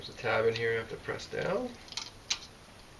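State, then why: Seated. A solar cable is pushed into the positive side of a connector housing while a release tab is held down, and someone talks. A few small ticks follow as it goes in, with a sharp snap at 2.3 seconds as the cable seats in the positive terminal.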